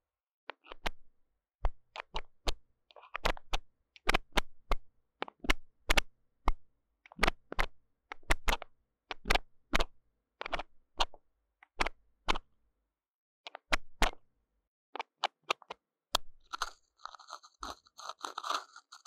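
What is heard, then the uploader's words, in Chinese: Deep cleaning of the ears with the microphone: a dense run of sharp crunchy scrapes and crackles, irregular but rapid, several per second. A few brief pauses break the pattern, and near the end a brighter rustling, hissy texture takes over. 麥克風耳朵深度清潔。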